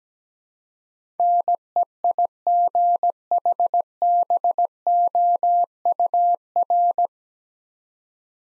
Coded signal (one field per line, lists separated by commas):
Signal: Morse code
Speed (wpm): 17 wpm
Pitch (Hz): 700 Hz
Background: none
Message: NEIGHBOUR